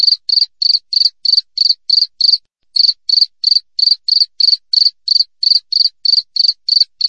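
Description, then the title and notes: Cricket chirping: sharp high pulses repeated about three each second, one pause near the start, otherwise continuous. Wild cricket (jangkrik alam), clear chirping with tight, close intervals, offered as a tutor recording for training songbirds and for repelling rats. "Masteran Jangkrik Alam Jernih, Jeda Rapat Cocok Untuk Masteran Burung Dan Mengusir Tikus. suara jangkrik"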